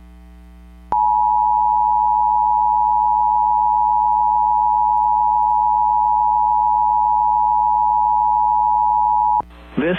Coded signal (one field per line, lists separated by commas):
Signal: Emergency Alert System (SAME) tones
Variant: 853 and 960 Hz attention tone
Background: speech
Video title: EAS Severe Thunderstorm Warning Jacksonville Suburbs, Florida NOAA Weather Radio +WeatherSTAR4000